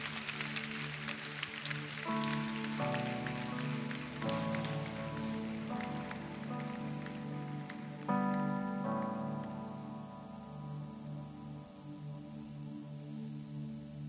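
A church audience applauding the Lord in a dense, steady wash of clapping that slowly fades, while sustained keyboard chords enter after about two seconds and shift several times underneath.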